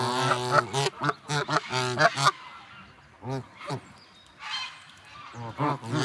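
Canada goose: canada geese giving rapid nasal honks, a dense volley of several calls early, then a lull with scattered single honks and a few more near the end.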